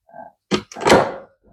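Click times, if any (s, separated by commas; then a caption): none. Two sliding cabinet doors are pushed closed against an automatic electronic lock, giving a soft tone-like hum, then sharp knocks near 0.5 s and 0.7 s followed by a longer rumbling slide and a faint sound at the end. Nothing has latched or clicked yet; the lock fails to engage.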